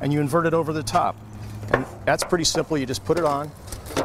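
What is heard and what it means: A second metal pan is inverted over the top of a rib cooking pan on a grill and pressed on to snap into place, while someone talks. Brief handling knocks are heard near 3.7 and 4.0 seconds, but nothing has seated or clicked yet when the clip ends.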